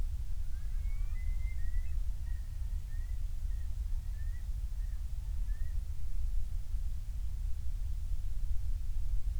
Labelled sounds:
loon
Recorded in the Prudhoe Bay oil fields, Alaska, on 28 July 2019 at 05:27
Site 25

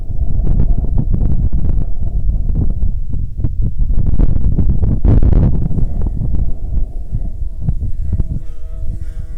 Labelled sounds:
wind, insects
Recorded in Ivvavik National Park, Yukon, on 15 June 2019 at 16:38
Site SINP09

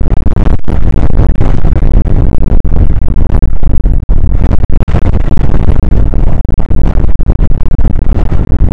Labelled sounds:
wind
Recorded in the Prudhoe Bay oil fields, Alaska, on 29 May 2019 at 00:04
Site 25

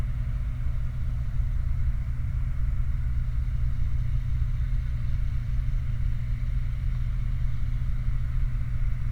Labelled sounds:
machinery, flare stack
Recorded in the Prudhoe Bay oil fields, Alaska, on 29 July 2019 at 00:06
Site 29

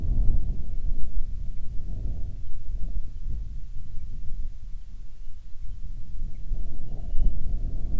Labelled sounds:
bird, wind
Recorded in the Arctic National Wildlife Refuge, Alaska, on 10 July 2019 at 18:09
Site 44

